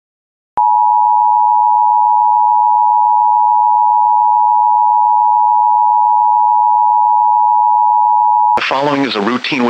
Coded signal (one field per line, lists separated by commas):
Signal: Emergency Alert System (SAME) tones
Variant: 853 and 960 Hz attention tone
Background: speech